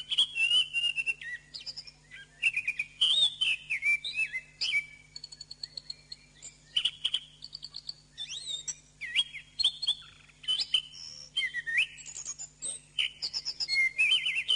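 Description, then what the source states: Bird song, long rambling sequence of whistled notes, buzzy trills and sharp chips in repeated bursts, with a soft low hum throughout. Masteran recording, played to teach caged birds their song.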